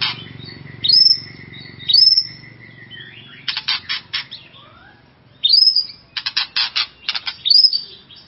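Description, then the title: White-rumped shama song with clear upslurred whistles, then harsh rattling bursts and more whistles, over a low hum that fades after the first few seconds. "murai batu"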